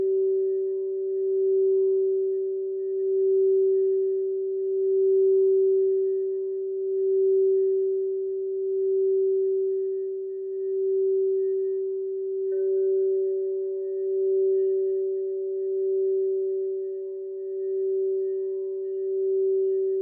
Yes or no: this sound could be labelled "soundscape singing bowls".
yes